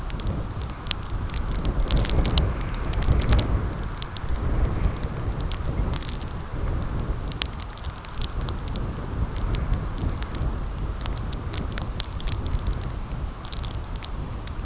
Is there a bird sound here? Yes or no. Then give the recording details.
no. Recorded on Arctic tundra, site CORI-1, on 15 June 2018. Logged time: 12:00